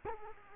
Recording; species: mosquito wingbeat signal from an infrared sensor; Culex quinquefasciatus